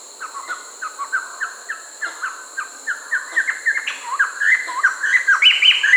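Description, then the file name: Black-hooded laughingthrush calls, a rapid series of short downslurred notes building into louder, more varied chattering phrases toward the end. "Golosa ptic - Kapyushonnaya kustarnica Garrulax milleti"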